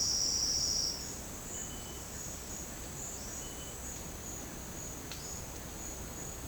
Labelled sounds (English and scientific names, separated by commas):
none